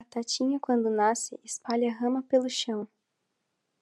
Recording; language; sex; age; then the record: short text; Brazilian Portuguese; female; 18 to 19 years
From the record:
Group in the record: control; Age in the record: 18 years